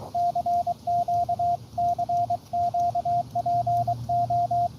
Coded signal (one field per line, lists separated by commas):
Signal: Morse code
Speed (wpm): 24 wpm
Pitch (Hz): 700 Hz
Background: radio noise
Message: CQ CQ PO